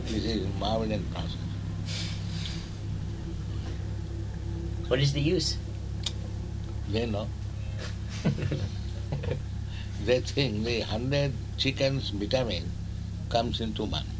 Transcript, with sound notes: This is Muhammadan process.
What is the use?
They know. [chuckling] They think the hundred chickens' vitamin comes into one.